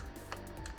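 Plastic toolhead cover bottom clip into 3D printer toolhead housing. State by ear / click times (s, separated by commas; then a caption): not seated / none. The bottom clip of a plastic toolhead cover is pushed onto the toolhead housing of a Bambu Lab A1 Mini 3D printer while refitting the cover during a filament sensor install, with music playing underneath. Two brief plastic ticks sound at about 0.3 s and 0.7 s, but nothing has seated or clicked yet.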